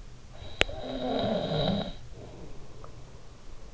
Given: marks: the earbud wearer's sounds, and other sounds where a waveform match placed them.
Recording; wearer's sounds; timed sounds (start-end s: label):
sounds in sleep by an in-ear microphone; snoring breath
0.25-3.51 s: snoring breath